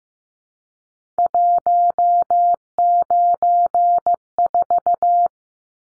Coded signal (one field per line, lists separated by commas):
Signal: Morse code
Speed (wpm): 15 wpm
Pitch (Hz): 700 Hz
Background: none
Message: 194